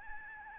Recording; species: mosquito wingbeat signal from an infrared sensor; Aedes albopictus